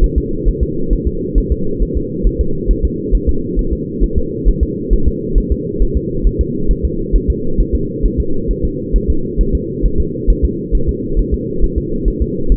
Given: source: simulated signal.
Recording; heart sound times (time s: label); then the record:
fetal heart sounds
0.04 s: S1
0.18 s: S2
0.48 s: S1
0.63 s: S2
0.93 s: S1
1.07 s: S2
1.38 s: S1
1.52 s: S2
1.82 s: S1
1.97 s: S2
2.27 s: S1
2.41 s: S2
2.71 s: S1
2.85 s: S2
3.15 s: S1
3.29 s: S2
3.59 s: S1
3.73 s: S2
4.04 s: S1
4.18 s: S2
4.49 s: S1
4.63 s: S2
4.93 s: S1
5.08 s: S2
5.38 s: S1
5.52 s: S2
5.82 s: S1
5.97 s: S2
6.27 s: S1
6.41 s: S2
6.71 s: S1
6.85 s: S2
7.16 s: S1
7.30 s: S2
7.60 s: S1
7.75 s: S2
8.05 s: S1
8.20 s: S2
8.51 s: S1
8.65 s: S2
8.96 s: S1
9.10 s: S2
9.41 s: S1
9.55 s: S2
9.86 s: S1
10.00 s: S2
10.30 s: S1
10.45 s: S2
10.75 s: S1
10.89 s: S2
11.19 s: S1
11.34 s: S2
11.64 s: S1
11.78 s: S2
12.08 s: S1
12.22 s: S2
12.52 s: S1
From the record:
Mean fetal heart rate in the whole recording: 135 bpm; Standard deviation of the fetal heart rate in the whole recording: 3 bpm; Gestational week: 36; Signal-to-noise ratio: -8.1 dB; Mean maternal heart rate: 72 bpm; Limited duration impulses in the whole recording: absent